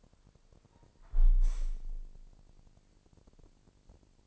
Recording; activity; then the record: daily activity, microphone in the room; close window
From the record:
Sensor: 5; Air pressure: 999.9 hPa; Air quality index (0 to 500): 246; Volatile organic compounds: 33 ppm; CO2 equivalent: 3021 ppm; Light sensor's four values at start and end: 35/80/32/31 and 34/80/32/31